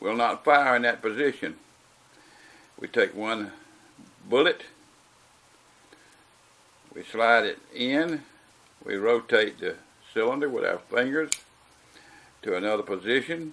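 A single cartridge is picked up and lined up with a revolver cylinder chamber through the loading gate, ready to go in, while someone talks. Nothing has seated or clicked yet.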